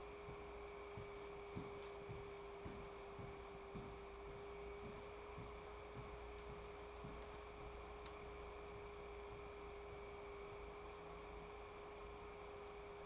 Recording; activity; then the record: daily activity, microphone in the room; walk to room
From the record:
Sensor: 1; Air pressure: 1010.5 hPa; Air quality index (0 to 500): 170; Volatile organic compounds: 12 ppm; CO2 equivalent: 2350 ppm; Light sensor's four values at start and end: 54/141/58/74 and 57/147/61/78